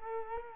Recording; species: mosquito wingbeat signal from an infrared sensor; Culex quinquefasciatus